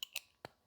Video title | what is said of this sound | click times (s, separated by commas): Uncivilized Anatomy - Dissection Tools | and then slide that handle down in there until it clicks let's see if we can hear that | 0.0 s, 0.5 s